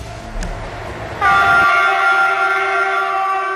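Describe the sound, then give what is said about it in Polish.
A passenger train to Otwock, Poland, on the first Polish electrified railway line (from 1936), rumbles along the tracks with a low, steady roar, then a loud, sustained horn blares with bright layered tones and holds until the end. “I właśnie pociągiem do Otwocka pojechał Paweł Turski.”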